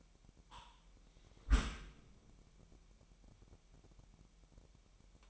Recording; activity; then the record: daily activity, microphone in the room; close dishwasher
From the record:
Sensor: 1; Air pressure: 998.4 hPa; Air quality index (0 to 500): 137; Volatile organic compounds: 4 ppm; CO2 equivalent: 1642 ppm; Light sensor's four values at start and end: 16/56/22/22 and 16/56/22/22